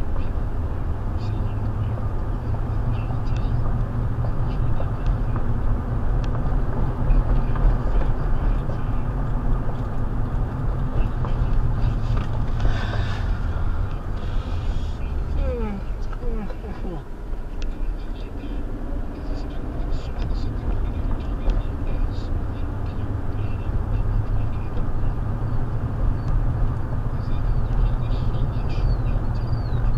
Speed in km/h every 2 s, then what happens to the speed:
37, 40, 40, 44, 44, 39, 32, 19, 10, 19, 31, 35, 40, 42, 39.
0-8 speeds up to 44. 8-15 brakes to 10. 16-24 speeds up to 40. 24-30 steady at about 40.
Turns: none.